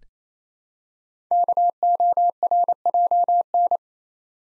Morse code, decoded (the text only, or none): KORJN